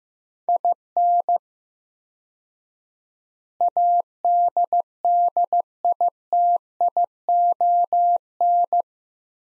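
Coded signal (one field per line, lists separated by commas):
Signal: Morse code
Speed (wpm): 15 wpm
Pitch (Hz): 700 Hz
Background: none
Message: IN ADDITION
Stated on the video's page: Morse practice at 15 wpm: sets of three words with 4x word-spacing, Farnsworth-like, each sent, spoken, then sent again for head-copy.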